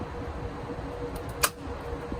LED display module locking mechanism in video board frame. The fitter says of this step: You hear that click? That means that I'm locked.